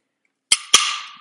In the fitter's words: the full four newton meters so I'll go ahead and do that so you can hear that click